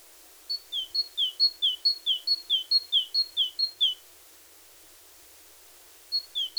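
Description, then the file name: Great tit delivering a regular run of two-note whistled phrases, pausing for two seconds, then starting again. "Parus major"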